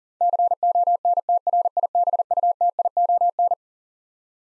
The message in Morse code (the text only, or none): CONTRIBUTION